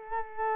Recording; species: mosquito wingbeat signal from an infrared sensor; Culex quinquefasciatus